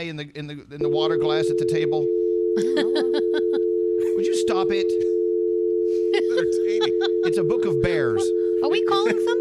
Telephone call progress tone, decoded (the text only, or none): dial tone